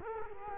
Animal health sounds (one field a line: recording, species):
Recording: mosquito wingbeat signal from an infrared sensor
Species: Culex quinquefasciatus